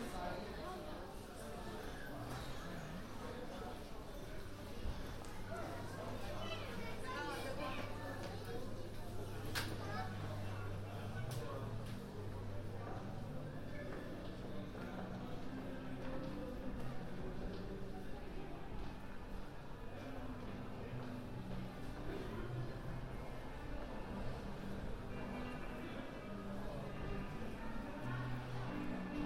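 A walk through London on New Year's Eve, with a steady, dense crowd murmur of many voices throughout. A low engine drone hums underneath, likely traffic or a bus, and a sharp bright click cuts through near the ten-second mark.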